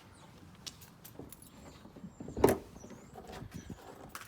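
On a Mustang whose hood has already popped, a hand reaches under the hood and works the yellow secondary safety latch, with a few light clicks and rattles before a sharp click at 2.4 s. The latch releases and the hood is freed fully.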